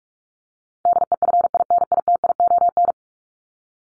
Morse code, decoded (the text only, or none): DEFINITION